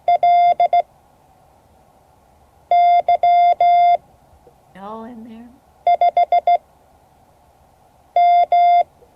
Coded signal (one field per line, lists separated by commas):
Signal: Morse code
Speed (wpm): 16 wpm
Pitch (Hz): 700 Hz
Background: speech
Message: LY5M